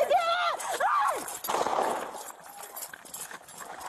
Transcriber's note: gun firing